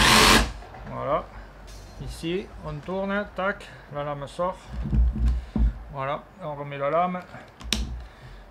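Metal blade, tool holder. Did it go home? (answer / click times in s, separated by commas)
yes / 7.7 s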